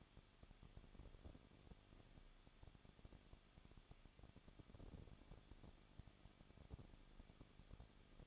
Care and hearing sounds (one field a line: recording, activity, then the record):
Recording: daily activity, microphone in the room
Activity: no activity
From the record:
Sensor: 4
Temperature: 23.1 degrees Celsius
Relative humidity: 34.2%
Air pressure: 1007.2 hPa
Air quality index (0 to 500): 217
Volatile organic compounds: 15 ppm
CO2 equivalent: 2507 ppm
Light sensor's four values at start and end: 2/3/1/1 and 2/3/1/1